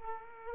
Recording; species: mosquito wingbeat signal from an infrared sensor; Aedes aegypti